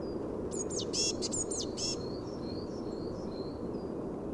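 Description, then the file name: Eurasian blue tit makes a short series of high, scolding, descending notes. Soft thin whistles trail after it over a constant low-pitched noise. "Cyanistes caeruleus"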